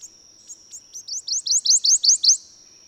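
Bird song: a few soft high ticks followed by a fast, loud series of about eight rising upslurred notes, over a steady high-pitched whine.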